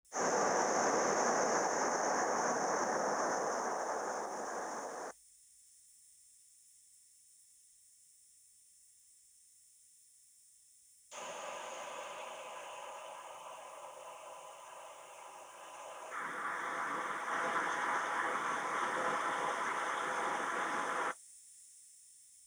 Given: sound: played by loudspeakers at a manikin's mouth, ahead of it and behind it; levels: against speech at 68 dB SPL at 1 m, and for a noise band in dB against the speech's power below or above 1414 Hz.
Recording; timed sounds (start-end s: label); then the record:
test signals for a remote microphone
0.11-5.11 s: speech-spectrum noise from the mouth, +10 dB
11.11-16.11 s: speech-spectrum noise from ahead, +10 dB
16.11-21.11 s: speech-spectrum noise from behind, +10 dB
From the record:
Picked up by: remote microphone C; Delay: 23 ms